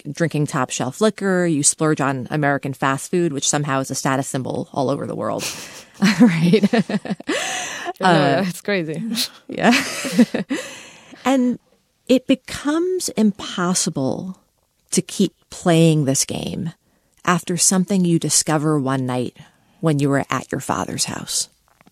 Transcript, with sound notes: like, drinking top-shelf liquor. You splurge on American fast food, which somehow is a status symbol all over the world...
(Laughter).
...Right (laughter)?
Yeah, it's crazy.
Yeah.
(LAUGHTER)
And it becomes impossible to keep playing this game after something you discover one night when you were at your father's house.